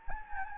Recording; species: mosquito wingbeat signal from an infrared sensor; Anopheles gambiae